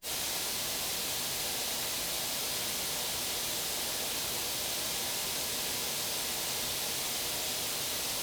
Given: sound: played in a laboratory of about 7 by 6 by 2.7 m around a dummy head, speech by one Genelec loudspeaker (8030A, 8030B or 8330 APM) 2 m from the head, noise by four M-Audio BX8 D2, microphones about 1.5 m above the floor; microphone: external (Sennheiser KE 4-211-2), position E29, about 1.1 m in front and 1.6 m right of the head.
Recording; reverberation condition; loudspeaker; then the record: white noise; medium; four, about 170 cm from the corners of the room and facing them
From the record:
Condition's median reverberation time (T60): about 510 ms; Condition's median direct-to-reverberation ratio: about -0.5 dB